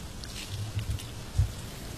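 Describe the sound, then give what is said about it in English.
Steady rain falls in a soft, even hiss, with a low rumble underneath and a few faint patters of drops rising briefly above it. No one speaks. “Still raining, Sim.”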